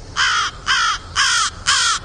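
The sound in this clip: Raven giving four harsh, rasping caws, each about a quarter second long and evenly spaced, with a steady low background rumble.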